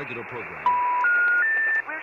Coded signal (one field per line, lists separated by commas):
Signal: telephone call progress tone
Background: speech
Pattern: special information tone